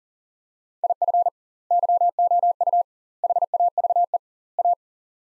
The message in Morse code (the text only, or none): IF YOU HAVE A